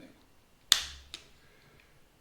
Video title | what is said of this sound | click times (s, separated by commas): DJI Osmo Action camera CYNOVA 3.5 external Mic test samples | and close up and lock everything | 0.7 s